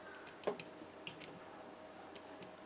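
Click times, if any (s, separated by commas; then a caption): 0.6 s. A microSD card is pushed into the card slot of a HeimVision 311 outdoor WiFi security camera until the spring latch catches. Several short ticks are heard, with the sharpest click at 0.6 s. The card is seated.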